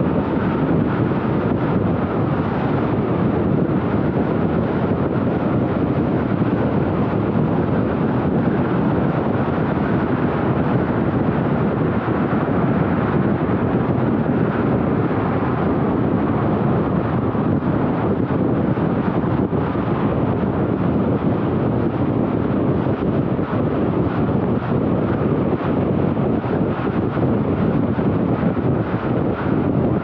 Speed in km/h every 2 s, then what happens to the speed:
96, 97, 90, 103, 103, 103, 110, 96, 96, 96, 96, 97, 97, 98, 99.
0-12 steady at about 103. 12-14 brakes to 96. 14-30 steady at about 96.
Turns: none.